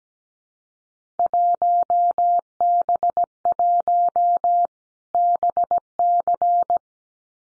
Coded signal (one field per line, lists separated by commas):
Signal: Morse code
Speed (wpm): 17 wpm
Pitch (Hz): 700 Hz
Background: none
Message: 1B1 BC